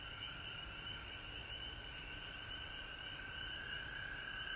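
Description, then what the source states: Frogs chorusing with a continuous high drone and smeared trilling notes, steady throughout over low rumble. Several frogs recorded at home in Georgia on March 19, 2020.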